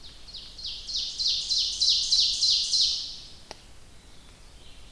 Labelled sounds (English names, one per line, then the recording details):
Ovenbird song
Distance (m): 25 m
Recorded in boreal forest in Alberta, Canada, on 1 July 2016 at 05:58
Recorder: SongMeter 3, array SBT-6-79
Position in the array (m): 230 m, 38 m
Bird 39